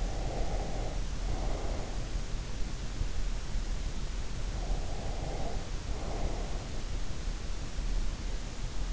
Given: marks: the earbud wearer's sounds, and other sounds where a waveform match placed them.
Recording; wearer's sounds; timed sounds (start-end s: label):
sounds in sleep by an in-ear microphone; breath
0.00-2.13 s: breath
4.58-6.65 s: breath